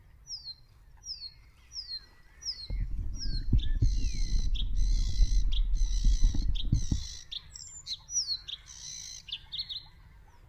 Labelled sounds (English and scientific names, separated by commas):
Bluethroat (Luscinia svecica) song